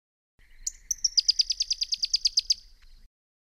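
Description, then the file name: Pyrrhuloxia sounding a fast string of many high, sharp notes, with a faint lower buzzy tone at the start. "suara-panggilan-burung-pyrrhuloxia-1-omkicau"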